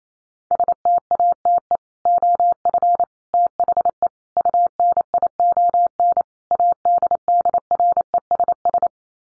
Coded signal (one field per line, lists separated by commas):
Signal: Morse code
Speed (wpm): 28 wpm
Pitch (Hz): 700 Hz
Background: none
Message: STATE OF THE UNION ADDRESS